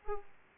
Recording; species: mosquito wingbeat signal from an infrared sensor; Aedes aegypti